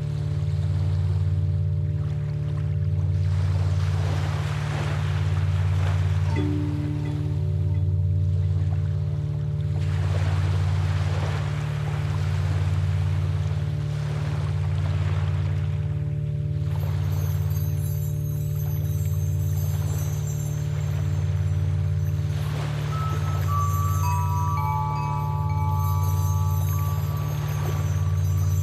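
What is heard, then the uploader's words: Ocean water washes and splashes in soft surges over a deep, steady hum that throbs in a slow, regular pulse. Past the midpoint, thin high ringing tones join in, and near the end a few clear sustained notes sound in a stepped sequence. Water Waves Vibration for Theta, Alpha, and Gamma Meditation. The tranquil sounds of the ocean.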